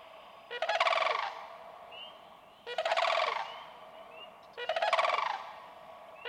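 Sandhill crane calling in three harsh, trilled rattles, each under a second long and repeated about every two seconds, with soft high chirps from other birds.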